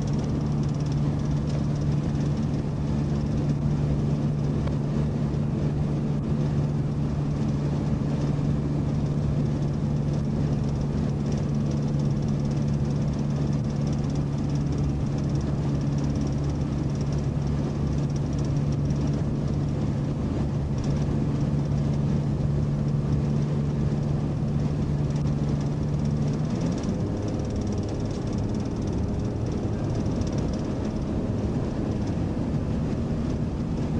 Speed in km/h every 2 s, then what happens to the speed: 143, 143, 143, 143, 143, 142, 142, 142, 140, 140, 140, 142, 143, 148, 151, 151, 153.
0-20 steady at about 142. 20-34 speeds up to 153.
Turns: none.